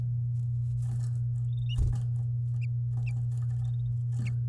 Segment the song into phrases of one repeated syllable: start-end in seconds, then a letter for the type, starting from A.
1.71-1.72 A